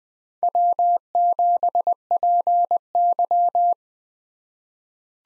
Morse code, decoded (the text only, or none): W7PY